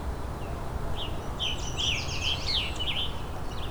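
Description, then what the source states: Scarlet Tanager song: a quick burst of hoarse, burry phrases against a low steady background rumble. Fairly abundant in the property's forested sections.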